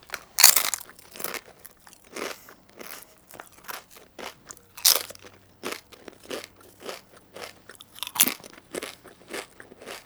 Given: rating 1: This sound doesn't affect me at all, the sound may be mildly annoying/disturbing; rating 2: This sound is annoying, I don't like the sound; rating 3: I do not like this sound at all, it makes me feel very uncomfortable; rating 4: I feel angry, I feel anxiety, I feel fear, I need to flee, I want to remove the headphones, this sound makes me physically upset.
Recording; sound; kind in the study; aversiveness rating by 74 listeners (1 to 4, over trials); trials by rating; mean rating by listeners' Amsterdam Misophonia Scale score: sound for misophonia research; chip eating; misophonia trigger; mean 2.03, standard deviation 1.00; 106 rated 1, 107 rated 2, 46 rated 3, 35 rated 4; 1.49 (sub-clinical, 0 to 4), 2.00 (mild, 5 to 9), 2.44 (moderate, 10 to 14), 2.92 (severe or extreme, 15 or more)